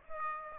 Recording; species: mosquito wingbeat signal from an infrared sensor; Aedes aegypti